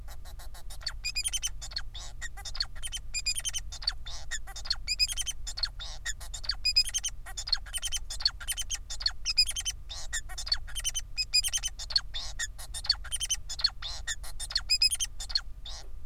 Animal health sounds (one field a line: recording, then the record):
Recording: song of a male Bengalese finch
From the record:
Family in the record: son of father 4